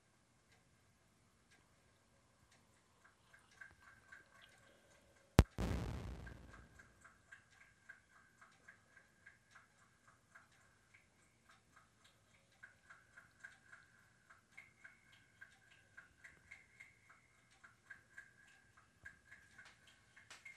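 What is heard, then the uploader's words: Drops fall sparsely, then a single sharp loud impact near five seconds rings out briefly before small irregular drips resume, thickening toward the end. Drops.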